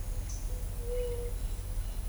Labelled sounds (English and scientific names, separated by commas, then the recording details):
White-tipped Dove (Leptotila verreauxi)
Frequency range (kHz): White-tipped Dove (Leptotila verreauxi) 0.3-0.7 kHz
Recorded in shrubland near Pivijay, Magdalena, Colombia, on 2 June 2023 at 10:30
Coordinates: 10.453, -74.365
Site P5-G022